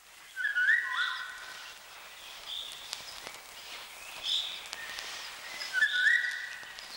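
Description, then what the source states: Eurasian golden oriole song: two short fluting, rising whistled phrases about five seconds apart, with faint higher bird notes between them. Short song, described as a masterpiece of nature.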